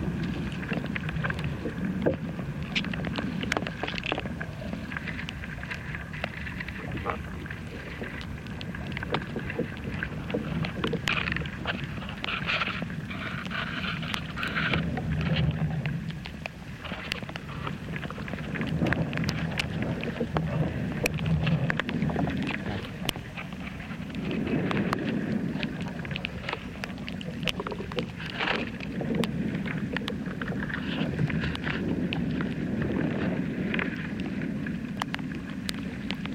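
Inside an ash tree, a steady low rumbling drone carries on, dotted throughout with scattered dry clicks and ticks and occasional soft creaks.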